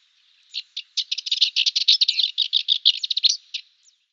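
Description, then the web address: Cyprus warbler song: one dry, rapid rattling chatter lasting about three seconds. "Schulze Peter Cyprus Warbler song"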